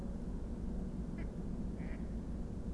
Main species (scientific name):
Anas platyrhynchos